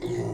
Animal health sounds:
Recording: pig call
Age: weaner (32 to 43 days)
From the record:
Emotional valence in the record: negative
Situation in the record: long isolation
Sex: female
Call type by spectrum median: low-frequency call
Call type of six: low-frequency modulated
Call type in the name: low-frequency modulated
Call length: 0.35 s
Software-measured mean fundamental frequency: 58 Hz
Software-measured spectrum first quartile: 190 Hz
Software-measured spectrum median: 345 Hz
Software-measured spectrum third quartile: 548 Hz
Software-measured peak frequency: 361 Hz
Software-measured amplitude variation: 114 dB a second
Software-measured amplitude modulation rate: 18.7 a second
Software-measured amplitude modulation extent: 6.1 dB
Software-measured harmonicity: 2.0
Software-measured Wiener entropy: -0.49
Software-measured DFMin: 1059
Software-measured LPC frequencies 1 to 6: 370, 2014, 3503, 4075, 4909, 5844 Hz

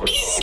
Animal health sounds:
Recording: pig call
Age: piglet (1 to 25 days)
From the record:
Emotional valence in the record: negative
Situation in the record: castration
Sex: male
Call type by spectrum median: high-frequency call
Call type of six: high-frequency stable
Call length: 0.43 s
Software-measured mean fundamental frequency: 228 Hz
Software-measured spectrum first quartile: 2056 Hz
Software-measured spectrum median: 3717 Hz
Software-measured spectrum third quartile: 7442 Hz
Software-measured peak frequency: 2816 Hz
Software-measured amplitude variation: 101 dB a second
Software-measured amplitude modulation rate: 12.9 a second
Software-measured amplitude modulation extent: 7.9 dB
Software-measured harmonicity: 3.4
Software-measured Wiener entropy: -2.74

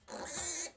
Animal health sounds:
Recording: pig call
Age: piglet (1 to 25 days)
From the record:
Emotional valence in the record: negative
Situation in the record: restrain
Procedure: back test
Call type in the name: high-frequency call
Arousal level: maximum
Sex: female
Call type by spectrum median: high-frequency call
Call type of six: mixed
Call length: 0.78 s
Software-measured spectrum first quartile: 2671 Hz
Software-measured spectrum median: 6417 Hz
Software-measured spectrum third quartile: 8274 Hz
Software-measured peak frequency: 7174 Hz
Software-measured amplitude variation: 122 dB a second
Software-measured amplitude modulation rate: 16.7 a second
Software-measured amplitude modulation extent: 7.3 dB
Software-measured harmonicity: 1.8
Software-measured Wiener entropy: -1.72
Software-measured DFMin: 1204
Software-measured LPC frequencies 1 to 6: 679, 1663, 2140, 4181, 6515, 7251 Hz

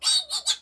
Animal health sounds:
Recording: pig call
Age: piglet (1 to 25 days)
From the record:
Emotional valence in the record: negative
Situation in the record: castration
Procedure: castration, fixation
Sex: male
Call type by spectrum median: high-frequency call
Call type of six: high-frequency stable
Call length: 0.62 s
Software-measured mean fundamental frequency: 308 Hz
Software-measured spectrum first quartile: 4087 Hz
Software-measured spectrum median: 5024 Hz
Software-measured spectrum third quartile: 7819 Hz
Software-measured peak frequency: 4596 Hz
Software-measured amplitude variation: 270 dB a second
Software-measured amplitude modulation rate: 7.3 a second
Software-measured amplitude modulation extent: 37.1 dB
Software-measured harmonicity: 5.2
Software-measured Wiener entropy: -2.70

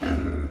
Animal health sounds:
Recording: pig call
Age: growing-finishing pig (85 days or more)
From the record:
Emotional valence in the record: negative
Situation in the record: barren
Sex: male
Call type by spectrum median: low-frequency call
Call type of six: low-frequency modulated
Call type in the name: low-frequency modulated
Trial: 3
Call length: 0.51 s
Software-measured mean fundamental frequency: 43 Hz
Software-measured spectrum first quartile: 106 Hz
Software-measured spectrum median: 264 Hz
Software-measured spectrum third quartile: 613 Hz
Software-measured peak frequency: 266 Hz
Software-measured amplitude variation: 124 dB a second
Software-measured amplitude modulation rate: 24.5 a second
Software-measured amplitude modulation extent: 5.1 dB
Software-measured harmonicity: -1.5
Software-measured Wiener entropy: -0.86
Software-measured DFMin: 1059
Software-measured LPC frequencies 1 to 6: 1458, 1929, 2825, 3713, 4467, 5341 Hz

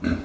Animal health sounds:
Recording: pig call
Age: growing-finishing pig (85 days or more)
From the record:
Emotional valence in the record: negative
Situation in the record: barren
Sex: male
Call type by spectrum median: low-frequency call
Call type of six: low-frequency stable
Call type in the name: low-frequency stable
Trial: 2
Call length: 0.24 s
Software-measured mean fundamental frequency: 47 Hz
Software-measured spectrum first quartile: 204 Hz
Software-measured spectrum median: 316 Hz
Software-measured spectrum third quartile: 1083 Hz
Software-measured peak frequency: 256 Hz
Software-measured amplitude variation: 222 dB a second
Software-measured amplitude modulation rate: 22.6 a second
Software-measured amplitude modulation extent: 9.8 dB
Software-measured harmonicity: 1.4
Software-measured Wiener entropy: -1.86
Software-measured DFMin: 780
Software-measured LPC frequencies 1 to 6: 270, 1498, 2561, 4169, 5572, 6277 Hz

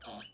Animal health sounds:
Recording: pig call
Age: piglet (1 to 25 days)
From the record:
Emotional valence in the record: negative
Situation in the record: restrain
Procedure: sham castration, fixation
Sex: male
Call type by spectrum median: high-frequency call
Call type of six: mixed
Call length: 0.34 s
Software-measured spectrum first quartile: 1035 Hz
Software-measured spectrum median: 3210 Hz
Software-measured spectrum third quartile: 6126 Hz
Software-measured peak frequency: 5955 Hz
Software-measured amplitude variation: 135 dB a second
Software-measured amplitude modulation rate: 19.1 a second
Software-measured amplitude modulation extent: 7.1 dB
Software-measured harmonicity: 4.2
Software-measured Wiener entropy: -2.31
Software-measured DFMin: 727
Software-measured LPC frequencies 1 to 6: 685, 1428, 3073, 3854, 5401, 5916 Hz

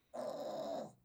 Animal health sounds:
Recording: pig call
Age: piglet (1 to 25 days)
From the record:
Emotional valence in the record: negative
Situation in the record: restrain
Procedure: back test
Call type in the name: low-frequency call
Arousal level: low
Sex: male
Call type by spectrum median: low-frequency call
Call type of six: low-frequency stable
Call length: 1.05 s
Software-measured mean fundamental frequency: 76 Hz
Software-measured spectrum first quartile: 524 Hz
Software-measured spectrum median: 652 Hz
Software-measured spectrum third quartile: 990 Hz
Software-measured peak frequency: 623 Hz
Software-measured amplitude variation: 170 dB a second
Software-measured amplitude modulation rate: 24.8 a second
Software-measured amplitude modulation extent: 6.8 dB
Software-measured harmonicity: 4.9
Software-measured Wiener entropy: -0.60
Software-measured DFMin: 1083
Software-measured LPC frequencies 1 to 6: 623, 3873, 5188, 6871, 8279, 11621 Hz

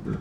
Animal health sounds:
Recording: pig call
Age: growing-finishing pig (85 days or more)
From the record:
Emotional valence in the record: positive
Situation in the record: run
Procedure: transit

